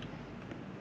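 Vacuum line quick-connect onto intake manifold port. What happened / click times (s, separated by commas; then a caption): The connector is handled but not yet clicked home / none. A plastic vacuum line quick-connect fitting is being handled and pushed toward its port at the back of the MSD Atomic intake manifold on an LT1 Camaro with a 10-speed, over steady low background noise. Two faint brief ticks occur near 0.0 s and 0.5 s, but the connector has not clicked in or seated yet.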